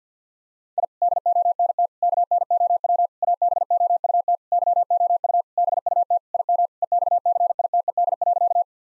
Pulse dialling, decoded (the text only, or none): none